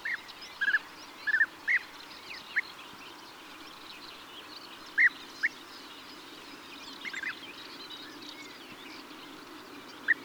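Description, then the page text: European bee-eater calls: short notes given singly and in quick pairs at irregular intervals, over steady background noise. "European Bee-eater (Merops Apiaster). KÜRE Encyclopedia"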